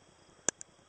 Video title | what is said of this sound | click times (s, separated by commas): Gun Overview : Ruger Single Six Revolver (.22LR/.22MAG) | here's the gun you want to do is put the pull the hammer back two clicks | 0.5 s, 0.6 s